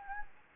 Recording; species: mosquito wingbeat signal from an infrared sensor; Anopheles gambiae